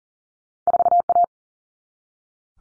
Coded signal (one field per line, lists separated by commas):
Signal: Morse code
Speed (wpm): 40 wpm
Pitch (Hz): 700 Hz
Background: none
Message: 4A